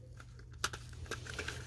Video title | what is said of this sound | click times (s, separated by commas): BMW E60 Comment changer la couleur du chauffage autoradio (ép 3 et fin) "a regarder jusqu’à la fin" | ça s'emboîte hop voilà | 0.6 s